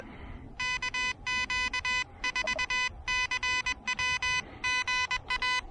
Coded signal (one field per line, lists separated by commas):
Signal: Morse code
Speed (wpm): 21 wpm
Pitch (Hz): 2000 Hz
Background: none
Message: KQ4CW GA